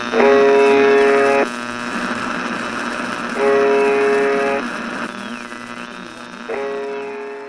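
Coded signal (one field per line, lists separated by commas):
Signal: channel marker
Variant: UVB-76 (The Buzzer)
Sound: harsh low buzz lasting about a second and a half, repeating three times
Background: radio static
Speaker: this station's only broadcast is a repeating buzzer sound that continues 24 hours a day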